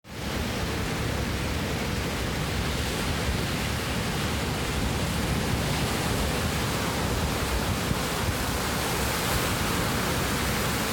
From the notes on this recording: Sunset Beach in Pacific Grove, California.